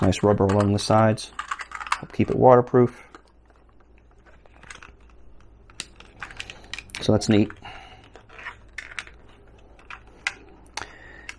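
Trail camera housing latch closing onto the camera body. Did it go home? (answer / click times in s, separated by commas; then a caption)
partly / 10.3 s. Someone talks while closing the housing of a Campark T80 Trail WiFi 20MP camera, which has rubber seals along the sides for waterproofing, and the latch closes onto the camera body. Scattered light taps and handling ticks come from about 5.8 s onward, and the latch gives only a faint, slight click at 10.3 s.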